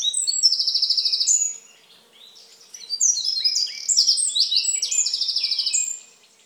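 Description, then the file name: Eurasian wren song: loud, fast, metallic trills and chattering notes in two long bursts separated by a short quieter gap. "Troglodytes troglodytes"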